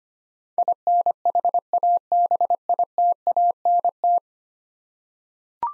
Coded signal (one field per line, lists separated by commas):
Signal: Morse code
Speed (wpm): 25 wpm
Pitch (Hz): 700 Hz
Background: none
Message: INHABITANT